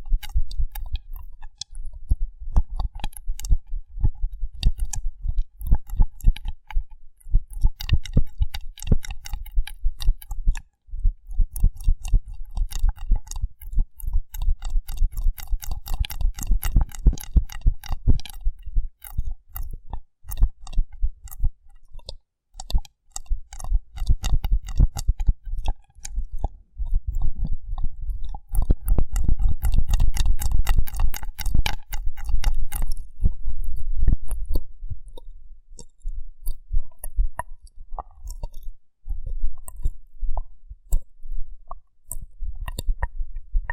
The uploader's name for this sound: Rough Brain Cleaning and Picking